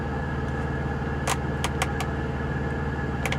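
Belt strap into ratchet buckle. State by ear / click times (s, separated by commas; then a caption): seated / 1.6 s, 1.8 s, 3.3 s. A ratchet belt strap, from KORE Essentials, is fed into its ratchet buckle over a steady low engine-like hum. Sharp ratcheting clicks sound at 1.6, 1.8, 3.3 and 3.3 seconds as the strap locks into place, and the buckle is seated.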